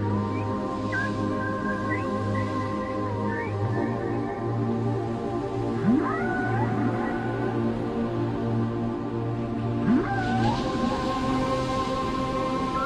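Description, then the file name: Whale song: long wavering tonal moans, brief upsweeps and falling swoops, with a constant low drone underneath for most. "Chant des baleines - whales singing"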